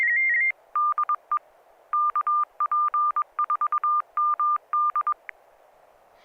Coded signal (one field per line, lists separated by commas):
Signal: Morse code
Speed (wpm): 22 wpm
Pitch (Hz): 1200 Hz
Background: none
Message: DE KP4MD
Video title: N6NA SSTV Net - 11/11/2020